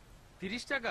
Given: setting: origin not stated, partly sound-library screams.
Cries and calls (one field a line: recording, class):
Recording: one-second piece from a danger detection set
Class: normal situation